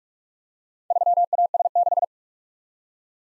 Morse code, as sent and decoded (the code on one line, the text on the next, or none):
...-- .- ... -....
3AS6